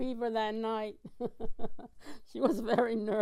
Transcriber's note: she laughs